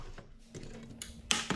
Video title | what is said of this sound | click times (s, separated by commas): How to fix a bar oil leak on a Stihl chainsaw | It'll snap into place. | 1.3 s